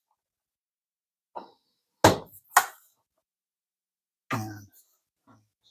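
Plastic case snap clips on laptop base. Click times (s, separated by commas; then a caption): 2.0 s, 4.3 s. While an HP 15 laptop is being reassembled after a memory upgrade, pressing on the edge of the plastic case snaps the case clips on the laptop base back into place. Sharp plastic snaps land at 2.1 s and 4.3 s, with a fainter click before and another snap between them. The clips seat home.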